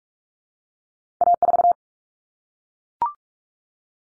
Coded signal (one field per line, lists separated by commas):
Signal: Morse code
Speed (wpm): 44 wpm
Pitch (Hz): 700 Hz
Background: none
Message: A4